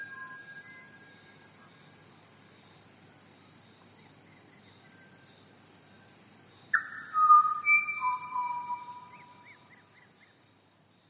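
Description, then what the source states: Crickets keep up a steady high trill while a bird breaks in midway with loud fluting whistles and a few quick chirps before fading. Crickets recorded together with a pied butcherbird.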